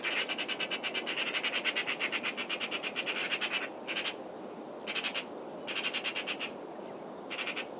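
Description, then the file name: Eurasian magpie chattering: a long, fast, harsh rattle of dry pulses, then several short clipped rattling bursts separated by pauses. "Pica pica"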